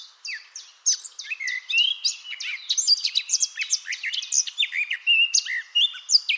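Eurasian blackcap song, a fast stream of mixed whistles, chirps and scratchy notes that, after a brief pause near the start, tumbles on without pause throughout.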